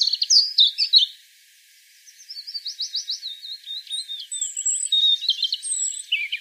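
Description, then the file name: European robin song: a quick jumble of high, thin warbled notes, a short pause, then a long trilling, twittering phrase with sharp high whistles. "Erithacus rubecula"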